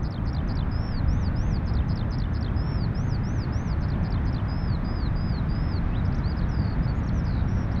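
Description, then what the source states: Eurasian skylark singing a fast, unbroken stream of high, slurred whistles and trills, each note sliding up and down, over a continuous low roar of breaking surf. Skylarks singing north of Bude, Cornwall, with distant thundering surf.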